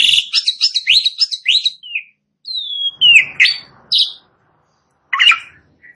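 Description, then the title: Asian pied starling song opening with a rapid run of repeated chirps, then a long descending whistle and a few scratchy notes with gaps. Starling starts singing in under a minute. "Belum Satu Menit Jalak Suren Langsung Bunyi"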